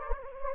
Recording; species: mosquito wingbeat signal from an infrared sensor; Anopheles gambiae